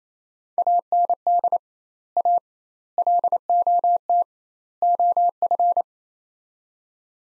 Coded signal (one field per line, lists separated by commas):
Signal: Morse code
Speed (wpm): 28 wpm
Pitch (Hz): 700 Hz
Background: none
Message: AND A LOT OF